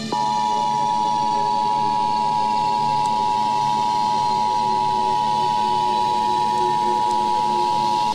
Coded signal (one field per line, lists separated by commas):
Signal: Emergency Alert System (SAME) tones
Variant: 853 and 960 Hz attention tone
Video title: Emergency Alert Scenario - Chicxulub Crater - 480p/30fps